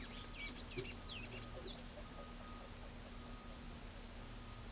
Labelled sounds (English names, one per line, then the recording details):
Palm Tanager
Carib Grackle
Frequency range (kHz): Carib Grackle 4.0-8.3 kHz
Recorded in pastures near Pivijay, Magdalena, Colombia, on 4 June 2023 at 13:00
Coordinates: 10.456, -74.369
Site P6-G026